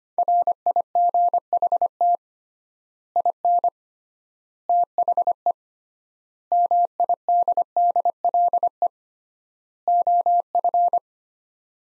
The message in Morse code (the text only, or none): RIGHT IN THE MIDDLE OF